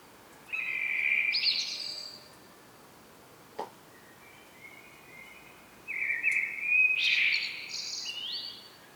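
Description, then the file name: Common blackbird song, a warbled phrase with a high twittery end, a pause with a single click, then a longer fluty phrase and twitter. "Turdus merula"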